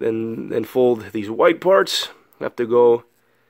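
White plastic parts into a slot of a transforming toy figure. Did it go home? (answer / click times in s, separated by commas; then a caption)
no / none. Someone talks while handling the white plastic parts of a transforming toy figure that have to go into a slot. The clip has only speech with no sharp hits, and nothing has seated or clicked yet.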